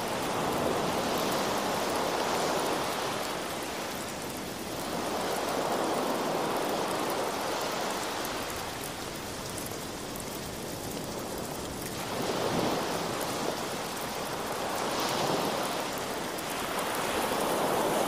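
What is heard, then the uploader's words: Rain falls steadily, a dense hiss spread from low to bright, while slow swells of sound rise and fall every few seconds like waves washing in, cresting near 0, 5, 12 and 15 seconds. No distinct thunderclap stands out; the wash stays continuous throughout. Rain and Thunder Soundscape with Ocean Waves.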